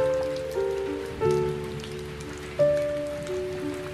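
Steady, even hiss of falling rain runs throughout, underneath soft sustained instrumental notes that change pitch a few times. There is no talking.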